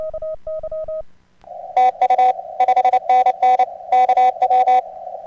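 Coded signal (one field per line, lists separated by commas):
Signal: Morse code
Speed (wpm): 30 wpm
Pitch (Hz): 750 Hz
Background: radio noise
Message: TU 5NN KW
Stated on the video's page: ARRL DX contest Morse code.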